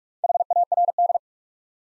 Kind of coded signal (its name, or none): Morse code